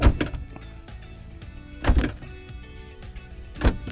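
The front trunk lid of a Ford Mustang Mach-E electric SUV is lowered onto the car body and pressed down over music, with heavy thumps near the start, around 1.9 s and around 3.7 s, while someone talks briefly. The lid's latch has not clicked shut yet.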